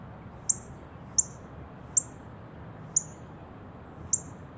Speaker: here's an example of a simple call, rather than a song. This is the northern cardinal's chip call.